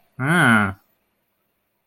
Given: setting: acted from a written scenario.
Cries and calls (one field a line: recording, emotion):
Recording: vocal sound without words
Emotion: confusion